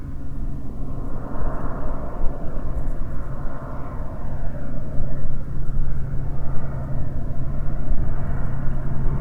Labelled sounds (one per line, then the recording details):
bird
wind
aircraft
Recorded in the Prudhoe Bay oil fields, Alaska, on 21 June 2019 at 10:45
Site 22